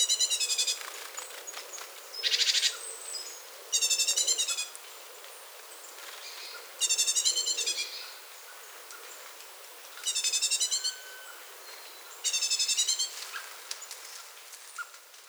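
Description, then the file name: Great tit chattering in repeated rough bursts of rapid notes every few seconds, with one short noisy rasp near the start. "Parus major"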